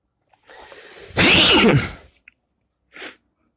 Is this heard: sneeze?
yes